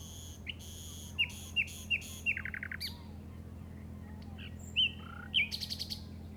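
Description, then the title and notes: Common nightingale singing a short sequence of sharp upslurred whistles followed by a quick rattle, then scattered notes, over a low steady hum. Recorded in the Llobregat Delta at 06:00 on 8 May 2015 with a Zoom recorder. "Grabación de ruiseñor común (Luscinia megarhynchos) en el Delta del Llobregat a las 06:00 del 08/05/2015."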